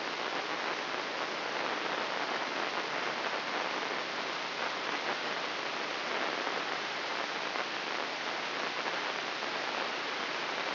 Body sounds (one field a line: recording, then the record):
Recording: brain microelectrode recording played as sound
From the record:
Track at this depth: inside the subthalamic nucleus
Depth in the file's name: 2.311 mm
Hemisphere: left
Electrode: 3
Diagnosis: Parkinson's disease